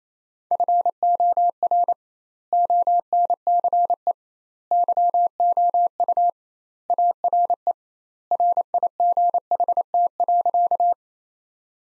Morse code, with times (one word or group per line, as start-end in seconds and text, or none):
0.5-1.9 FOR
2.5-4.1 ONCE
4.7-6.3 YOU
6.9-7.7 ARE
8.3-10.9 RIGHT.